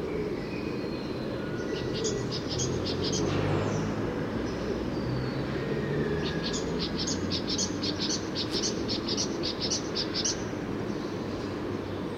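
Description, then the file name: Great tit calls: quick chattering runs of short high notes, one group early and a longer string later, over low rumbling background noise. "Parus major"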